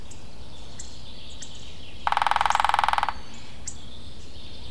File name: kis fakopáncs dobolás